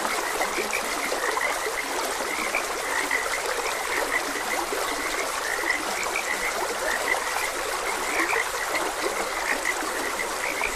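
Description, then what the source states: Frogs croaking in a continuous chorus of brief high notes, several callers overlapping over a steady background of flowing stream water. Frogs croaking beside a gentle stream.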